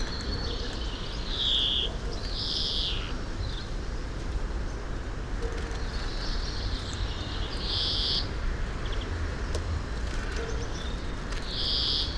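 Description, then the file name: European greenfinch uttering a series of drawn-out buzzy wheezes against a low, steady rumbling background. "Chloris chloris"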